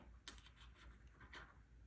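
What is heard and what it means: A repaired metal watch-band clasp is handled and worked toward its catch, giving light scratchy, rubbing metal sounds and a brief sharp tap near the start. The clasp has not seated or clicked shut yet; once it does, it should close with a clean click that shows it is tight.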